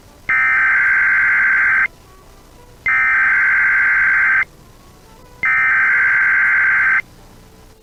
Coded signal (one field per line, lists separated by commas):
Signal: Emergency Alert System (SAME) tones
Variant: header bursts